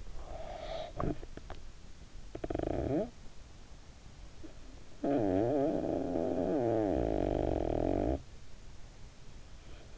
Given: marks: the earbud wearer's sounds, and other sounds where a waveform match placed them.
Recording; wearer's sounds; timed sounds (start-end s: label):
sounds in sleep by an in-ear microphone; snoring breath
0.00-3.31 s: snoring breath
4.67-8.48 s: snoring breath